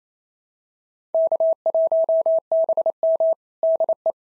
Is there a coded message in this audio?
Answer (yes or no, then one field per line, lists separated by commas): yes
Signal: Morse code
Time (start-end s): 1.1-4.1 s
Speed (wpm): 25 wpm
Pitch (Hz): 650 Hz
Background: none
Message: K1BM DE